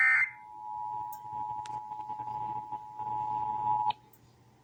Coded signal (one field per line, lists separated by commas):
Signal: Emergency Alert System (SAME) tones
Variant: 853 and 960 Hz attention tone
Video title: (EAS #889-895) June 2025 Texas Required Monthly Test